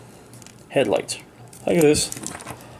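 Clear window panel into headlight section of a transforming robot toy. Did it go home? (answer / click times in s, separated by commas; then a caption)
no / none. Someone talks while handling a transforming plastic robot toy, moving the clear window panel on its arm toward the headlight section it is meant to click into. Faint light handling ticks sound around 0.3 to 0.5 s, but nothing has seated or clicked yet; the panel is not yet home.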